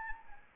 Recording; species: mosquito wingbeat signal from an infrared sensor; Anopheles arabiensis